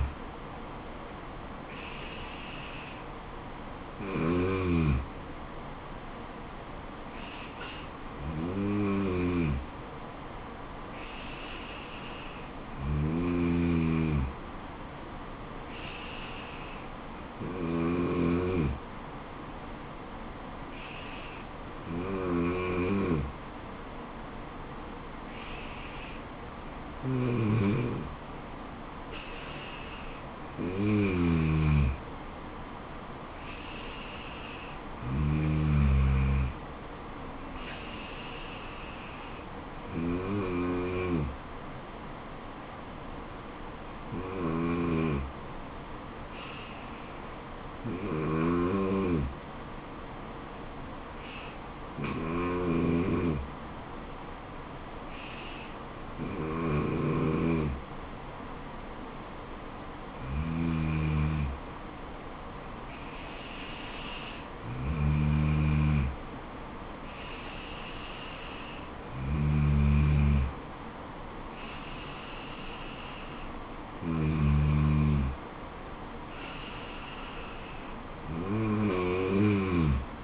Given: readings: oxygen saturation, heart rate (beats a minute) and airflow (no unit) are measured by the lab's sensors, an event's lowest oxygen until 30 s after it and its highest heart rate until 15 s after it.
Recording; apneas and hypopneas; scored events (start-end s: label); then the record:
breathing in sleep by a voice recorder at the bedside; none
none scored
From the record:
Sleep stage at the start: N2 (light sleep); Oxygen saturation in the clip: 93 to 95%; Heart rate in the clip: 69 to 79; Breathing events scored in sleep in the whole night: 426 in 7.4 hours asleep